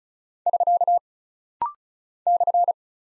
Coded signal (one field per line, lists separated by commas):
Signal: Morse code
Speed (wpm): 36 wpm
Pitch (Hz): 700 Hz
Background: none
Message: <SK> /